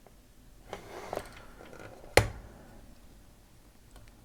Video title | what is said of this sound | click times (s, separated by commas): DeAgostini Lotus F1 Model - (Stages 19-20) | there it goes yep pops right in | 2.2 s